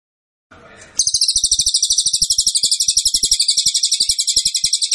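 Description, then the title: Cililin song: after a short noisy burst, a rapid, high, rattling trill of repeated pulses continues to the end, with faint low ticks beneath. Song used as a training recording for songbirds. "Cililin AMPUH. Masteran Burung cililin"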